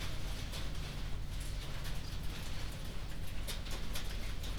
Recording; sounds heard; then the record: poultry house recording; no chicken sound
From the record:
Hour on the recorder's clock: 21